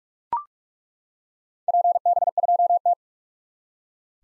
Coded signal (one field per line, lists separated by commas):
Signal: Morse code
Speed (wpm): 42 wpm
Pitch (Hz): 700 Hz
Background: none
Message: PB2T